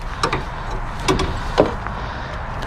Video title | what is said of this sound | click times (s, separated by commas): 2003-2008 Toyota Corolla Alternator Replacement | And then you should hear a snap. Okay. | 0.2 s